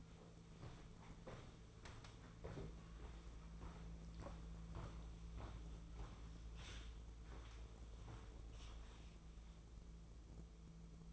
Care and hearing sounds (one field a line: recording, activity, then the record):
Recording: daily activity, microphone in the room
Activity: walk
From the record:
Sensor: 1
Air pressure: 1005.6 hPa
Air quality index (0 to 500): 127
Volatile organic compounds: 5 ppm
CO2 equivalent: 1780 ppm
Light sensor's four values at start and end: 11/27/11/12 and 10/22/9/10